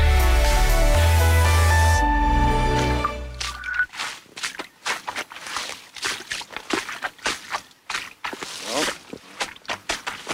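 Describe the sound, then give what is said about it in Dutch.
A short burst of music gives way to a steady series of wet, squelching footsteps slogging through boggy, sucking peat mud, each step a soft sucking slosh in an uneven walking rhythm. “Ja, lekker rondstappen in de modder hier.”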